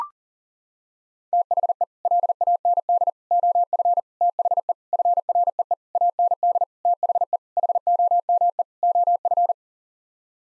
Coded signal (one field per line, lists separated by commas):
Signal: Morse code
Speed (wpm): 40 wpm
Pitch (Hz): 700 Hz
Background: none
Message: THE LAND OF THE FREE AND THE HOME OF